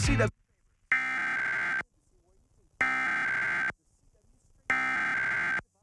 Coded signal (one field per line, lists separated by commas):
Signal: Emergency Alert System (SAME) tones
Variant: header bursts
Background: speech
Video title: Arkansas EAS Required Monthly Test - KETS (Arkansas PBS)/KATV/KLRT, 5/18/2021